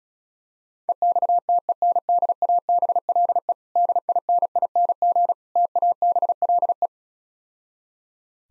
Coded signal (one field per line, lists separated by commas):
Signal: Morse code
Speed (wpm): 36 wpm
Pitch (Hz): 700 Hz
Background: none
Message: EXTENDABLE DINING TABLE